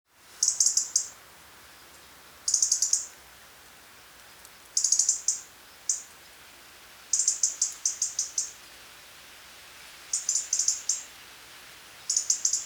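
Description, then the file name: European robin uttering bursts of rapid, very high ticking notes, clusters lasting up to a second or more and recurring every few seconds. "Erithacus rubecula"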